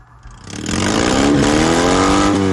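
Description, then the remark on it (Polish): A small Fiat 126P car engine, a stock 650 cc, 24-horsepower unit with a modified muffler, revs up loudly at a Fiat 126P rally in Łódź, its buzzing pitch climbing steadily and holding a strong, raspy roar for a couple of seconds, with no voices. “Co pan tam ma pod maską, że to tak grzeje? 650, 24 konie.”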